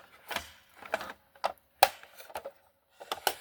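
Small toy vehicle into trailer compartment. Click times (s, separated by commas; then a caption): 1.8 s. A small plastic toy car is pushed into its compartment in a plastic trailer, with several light plastic knocks and taps around it. A sharp, loud click at 1.8 s marks the car seating in place.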